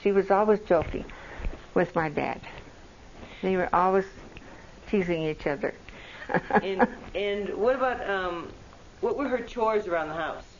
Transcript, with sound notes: She was always joking with my dad. They were always teasing each other (laughs)
And - and what about um - what were her chores around the house?